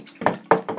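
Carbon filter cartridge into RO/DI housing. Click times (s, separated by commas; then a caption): 0.5 s. A carbon filter cartridge for an RO/DI water system is turned with its key into a twist-lock housing, with short knocking sounds around 0.2 to 0.3 seconds. A sharp, loud click at 0.5 seconds marks the cartridge locking into place, followed by another softer knock near 0.7 seconds.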